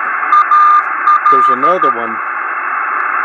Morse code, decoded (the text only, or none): AL